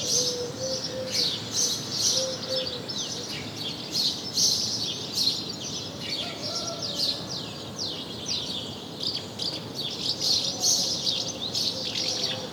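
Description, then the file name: House sparrow chatter: rapid harsh chirps throughout, with a faint low tone in the background now and then. "Passer domesticus"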